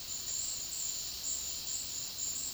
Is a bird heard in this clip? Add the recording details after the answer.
no. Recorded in dense forest near Puerto Asís, Putumayo, Colombia, on 20 February 2024 at 13:30. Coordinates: 0.496, -76.326. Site G6383